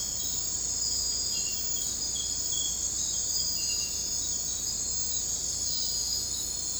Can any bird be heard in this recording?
no